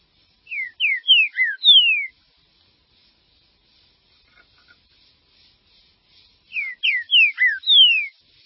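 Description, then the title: Green-winged saltator song: a phrase of five clear, sliding whistled notes, mostly falling, given twice with several seconds of silence between. "Trinca Ferro"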